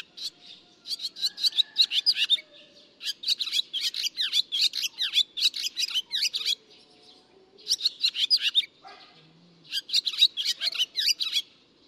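Barn swallow twittering: rapid bursts of sharp chirps and short warbled notes in runs of about one to four seconds, separated by brief pauses; faint low hum underneath.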